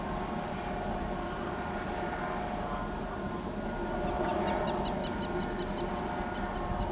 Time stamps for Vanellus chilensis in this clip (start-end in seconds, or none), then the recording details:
4.03-6.87. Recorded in pastures near Pivijay, Magdalena, Colombia, on 14 April 2023 at 16:00. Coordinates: 10.456, -74.369. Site P6-G026